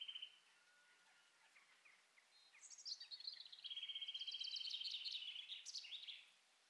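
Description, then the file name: Eurasian nuthatch trilling in a long, rapid series of high notes, mixed with other sharp chirps and twitters. "Sitta europaea"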